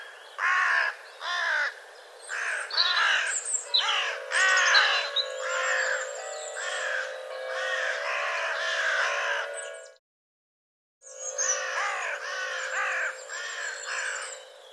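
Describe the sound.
Bird producing rapid harsh caws and squawks in a dense run, a steady low hum beneath, then a pause before more caws resume.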